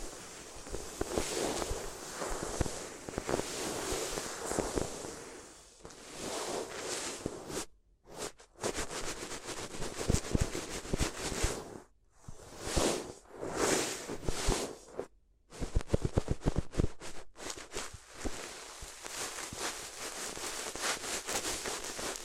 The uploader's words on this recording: ASMR If You Had Paper Ears (No Talking).